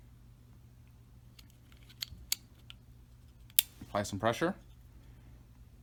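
A Sig Sauer P320 recoil spring assembly is set on top of the barrel in the pistol slide and pressed until it locks into place, centered. A few small clicks come at about 2.0 and 2.3 s, then a sharp click at 3.6 s as it locks in, and someone talks right after.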